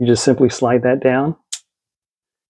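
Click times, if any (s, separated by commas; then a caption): 1.5 s. Someone talks for about the first 1.4 seconds as the sliding lock on a razor head is slid down over the loaded blade. A short, sharp click follows at 1.5 s as the slider locks closed, seating the blade so the razor is loaded.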